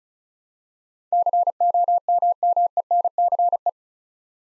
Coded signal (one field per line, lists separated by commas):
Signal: Morse code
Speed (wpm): 34 wpm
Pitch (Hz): 700 Hz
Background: none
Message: COMMENCE